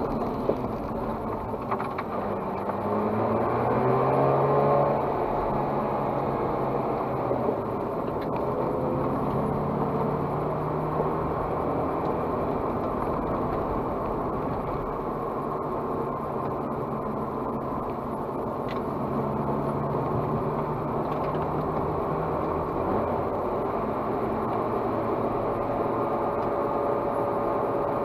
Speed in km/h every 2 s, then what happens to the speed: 34, 41, 52, 47, 47, 54, 54, 50, 47, 46, 52, 53, 55, 55.
1-3 speeds up to 52. 3-9 steady at about 47. 9-12 speeds up to 54. 12-18 slows to 46. 18-28 speeds up to 55.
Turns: none.